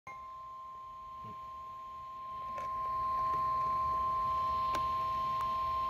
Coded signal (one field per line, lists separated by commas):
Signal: Emergency Alert System (SAME) tones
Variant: 1050 Hz attention tone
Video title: EAS #378: SVR